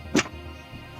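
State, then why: Seated. The center console armrest lid of a 2002 Buick Century is closed as a test onto a newly replaced plastic latch clip. A sharp click sounds at 0.2 s as the lid latches shut over a low steady hum. The clip seats and holds, and the lid is good to go.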